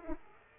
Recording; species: mosquito wingbeat signal from an infrared sensor; Aedes aegypti